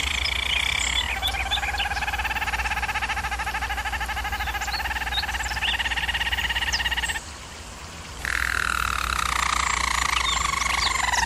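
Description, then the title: German Roller canary delivering a steady rolling trill for several seconds, a pause of about a second, then a slowly falling roll; low hum throughout. German Roller canary singing, for canary training. "German Roller Canary Singing - Canary Training Vid"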